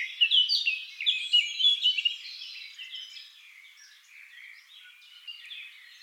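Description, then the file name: Eurasian blackcap song: loud, lively warbling bursts over the first two seconds, then a softer, continuing jumble of twittering notes. "Sylvia atricapilla"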